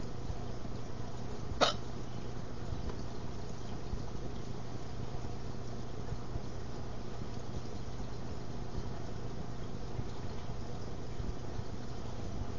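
A single sharp, abrupt hiccup sounds early on, with at most a faint second catch shortly after. The rest is quiet apart from a steady low background hum. Hiccups are brief involuntary gulps caused by sudden diaphragm spasms closing the throat.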